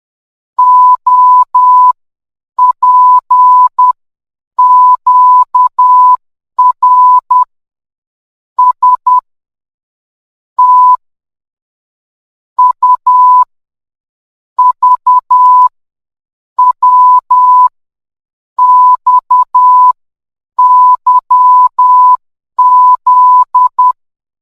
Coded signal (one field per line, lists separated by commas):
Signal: Morse code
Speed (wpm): 10 wpm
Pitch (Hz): 1000 Hz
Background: none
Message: O P Q R S T U V W X Y Z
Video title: morse code